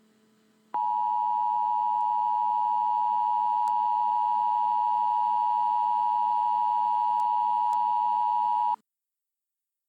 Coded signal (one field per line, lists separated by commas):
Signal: Emergency Alert System (SAME) tones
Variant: 853 and 960 Hz attention tone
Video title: EAS Emergency action notification #1